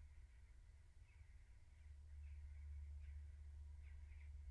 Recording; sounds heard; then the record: poultry house recording; no chicken sound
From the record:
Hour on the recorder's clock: 15